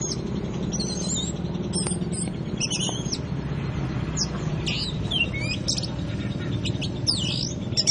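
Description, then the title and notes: Oriental magpie-robin song of sharp chirps and slurred, swooping whistles delivered in short phrases, with a continuous low drone in the background. "Kicau Kacer. manukmanukan"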